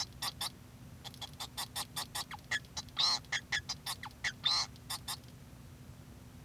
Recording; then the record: song of a male Bengalese finch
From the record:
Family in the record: son of father 2